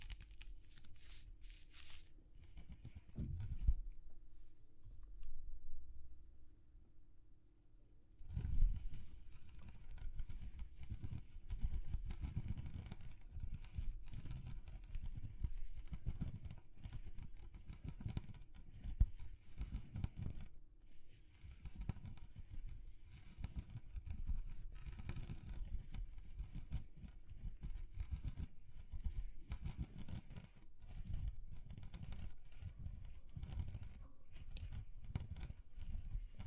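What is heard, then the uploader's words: A handling of textures: rough rubbing and crackling bursts, heavy in the low end, with patter and tearing sounds. The first seconds carry a steady hum and a near-silent gap until about eight seconds, then the scraping turns dense and irregular to the end. ASMR Exploring Textures (No Talking).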